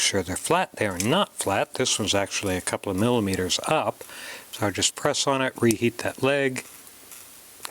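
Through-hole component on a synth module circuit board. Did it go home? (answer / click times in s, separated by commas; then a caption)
yes / 7.6 s. A through-hole component on a synth module circuit board is sitting a couple of millimeters up while someone talks, then it is pressed on while one solder leg is reheated. At 7.6 seconds a short, sharp click is heard as the part snaps flat and seats onto the board.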